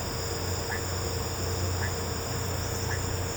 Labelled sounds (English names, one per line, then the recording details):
none
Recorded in pastures near Puerto Asís, Putumayo, Colombia, on 13 March 2025 at 16:30
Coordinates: 0.466, -76.322
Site CSA-02